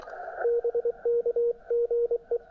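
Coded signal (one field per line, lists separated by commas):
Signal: Morse code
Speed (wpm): 24 wpm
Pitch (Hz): 500 Hz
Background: radio noise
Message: BK GE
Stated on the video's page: WWFF nature reserve activation made by bike.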